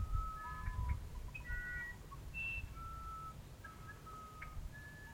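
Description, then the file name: Musician wren singing bright whistles in quick succession, notes stepping between low and high tones, low rumbling background. "uirapuru"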